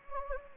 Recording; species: mosquito wingbeat signal from an infrared sensor; Anopheles gambiae